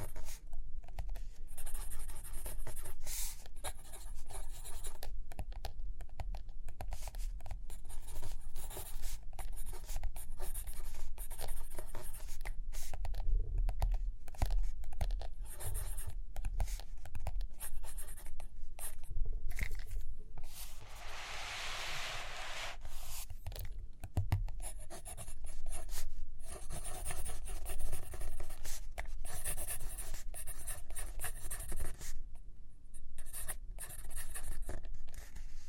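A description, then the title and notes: Pencil writing and drawing on paper scratches steadily in short, dense strokes, with a longer rubbing sweep around twenty-two seconds and a low rumble underneath. Page Turning and Tapping, Writing, Drawing.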